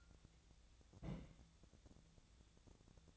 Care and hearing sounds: daily activity, microphone in the room; place on stove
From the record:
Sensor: 3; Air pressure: 1000.0 hPa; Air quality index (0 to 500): 125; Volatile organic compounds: 2 ppm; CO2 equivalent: 1118 ppm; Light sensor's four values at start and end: 46/115/50/55 and 46/115/50/55

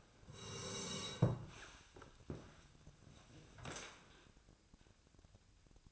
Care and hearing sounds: daily activity, microphone in the room; sit down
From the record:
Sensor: 2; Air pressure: 1000.3 hPa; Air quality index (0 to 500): 158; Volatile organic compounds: 3 ppm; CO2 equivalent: 1326 ppm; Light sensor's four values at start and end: 9/19/9/9 and 9/21/9/9

